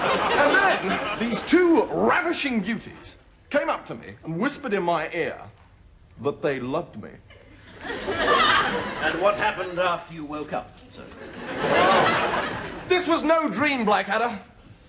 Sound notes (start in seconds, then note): 7.2 soundbite of laughter; 11.1 soundbite of laughter